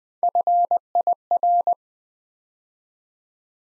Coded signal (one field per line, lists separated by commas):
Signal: Morse code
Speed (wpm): 20 wpm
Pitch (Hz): 700 Hz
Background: none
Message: FIR